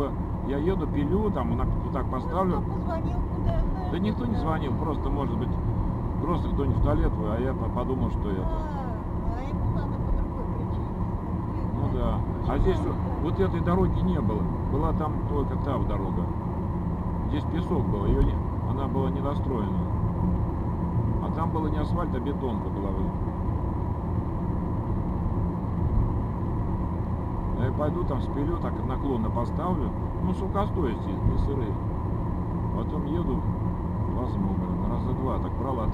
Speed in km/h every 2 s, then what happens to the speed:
75, 77, 77, 79, 80, 82, 82, 83, 83, 83, 83, 82, 82, 82, 82, 82, 82, 83.
0-13 speeds up to 83. 13-36 steady at about 82.